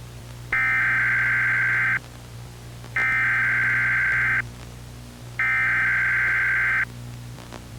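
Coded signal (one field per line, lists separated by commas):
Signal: Emergency Alert System (SAME) tones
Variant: header bursts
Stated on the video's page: Fictional EAS scenario, simulated alert.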